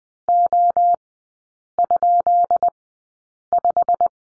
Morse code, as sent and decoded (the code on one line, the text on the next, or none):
--- ..--.. .....
O?5